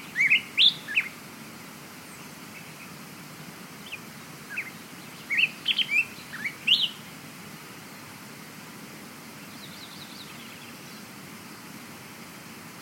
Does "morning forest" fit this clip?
yes